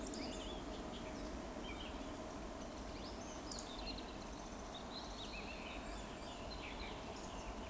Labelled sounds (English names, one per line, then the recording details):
Eurasian Woodcock whistle
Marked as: whistle, whistle, whistle
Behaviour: display flight
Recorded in Baden-Württemberg, Germany, on 11 June 2020 at 20:09 UTC
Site 14569, 102 m above sea level